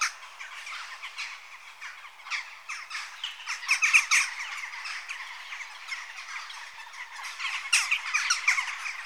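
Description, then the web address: Jackdaws calling as a flock, many short sharp 'chak' notes overlapping continuously, swelling louder around four seconds and again near the end. Adult birds. "BBC Sound Effects Library Birds Jackdaw (Corvus Monedula) Adults"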